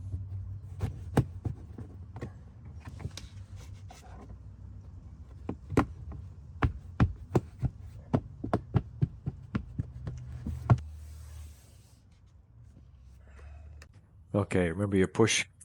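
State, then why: Seated. Plastic trim panel clips are pushed and banged back into their holes in the car's interior panel behind the cabin filter housing of a Tesla, during reassembly after a cabin filter swap. Sharp snaps sound over a low hum at 1.2, 5.8, 6.6, 7.0, 8.5 and 10.7 seconds as the clips seat in place. Someone talks at the end.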